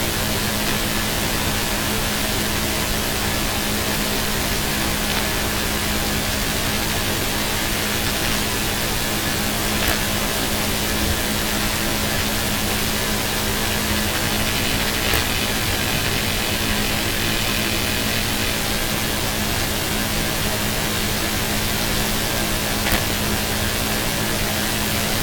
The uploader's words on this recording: Sounds of the grid at the onset of a G1 magnetic storm. This recording covers the moment the planetary K index surged as the earth's magnetic field started to see the effects of the preceding CME.